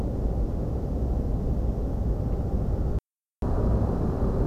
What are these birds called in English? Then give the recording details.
none. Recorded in France